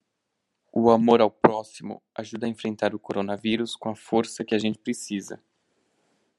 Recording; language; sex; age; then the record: spoken sentence; Brazilian Portuguese; male; 18 to 19 years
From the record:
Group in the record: control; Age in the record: 19 years